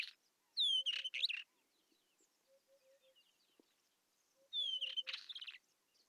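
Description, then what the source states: Isabelline Wheatear song in two bursts of rapid varied phrases, sliding whistles mixed with harsh scratchy notes, while a soft low note repeats faintly in between. Recorded at Telmen Nuur, Mongolia.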